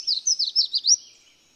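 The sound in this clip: Bird song: a quick, high run of several thin, down-slurred notes over roughly one second, then fading quiet.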